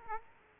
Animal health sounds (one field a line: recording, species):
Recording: mosquito wingbeat signal from an infrared sensor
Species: Aedes aegypti